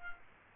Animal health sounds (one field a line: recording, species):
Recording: mosquito wingbeat signal from an infrared sensor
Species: Culex quinquefasciatus